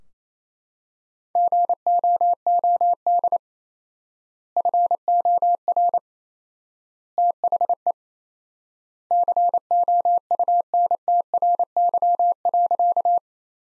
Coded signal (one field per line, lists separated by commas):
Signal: Morse code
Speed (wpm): 27 wpm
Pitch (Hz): 700 Hz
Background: none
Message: GOOD FOR THE COUNTRY.